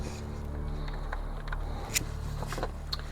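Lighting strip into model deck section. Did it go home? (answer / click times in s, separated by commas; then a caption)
yes / 2.9 s. A lighting strip is pushed into a plastic deck section of an AGORA Models 1:200 scale R.M.S. Titanic model until it clips in place. Over a low, steady hum, a few soft handling taps lead up to a sharp click at 2.9 s. The strip is seated.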